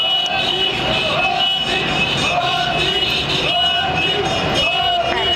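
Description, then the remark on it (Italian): A small procession of a little over ten motorcycles with red flags rolls past under hotel windows, their engines blending into a steady, loud rumbling drone with rising and falling tones, while riders shout "no" at the top of their voices to publicise their vote, with indistinct voices mixing in throughout. “Questo pomeriggio, mentre ero in camera, sotto le finestre dell'albergo è sfilata una piccola processione di moto che possiamo sentire.”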